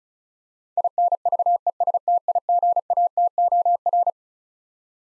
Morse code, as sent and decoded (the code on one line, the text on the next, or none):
.. -. ...- . ... - .. --. .- - --- .-.
INVESTIGATOR